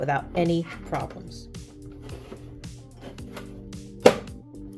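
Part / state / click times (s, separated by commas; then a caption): plastic side cover onto game console body / seated / 4.1 s. Someone talks over background music while sliding the plastic side cover of a PS5 game console back into place along its prongs. A sharp click at 4.1 s marks the cover snapping home and being seated on the console body.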